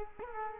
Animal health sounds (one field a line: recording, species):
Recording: mosquito wingbeat signal from an infrared sensor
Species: Culex quinquefasciatus